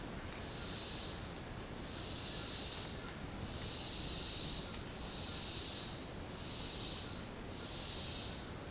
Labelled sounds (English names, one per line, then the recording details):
none
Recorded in dense forest near Puerto Asís, Putumayo, Colombia, on 24 March 2025 at 09:00
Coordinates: 0.485, -76.318
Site G056